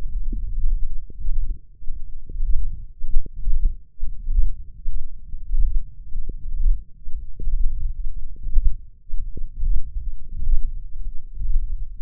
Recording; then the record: forearm muscle sounds (acoustic myography)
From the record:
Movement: thumb flexion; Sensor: system 1, eight BSWA MPA416 microphones around the upper forearm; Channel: 8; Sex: male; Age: 21 years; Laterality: right